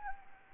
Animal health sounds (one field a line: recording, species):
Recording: mosquito wingbeat signal from an infrared sensor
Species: Anopheles arabiensis